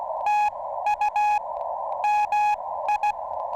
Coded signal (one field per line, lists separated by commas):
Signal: Morse code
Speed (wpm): 15 wpm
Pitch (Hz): 810 Hz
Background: none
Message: TU MI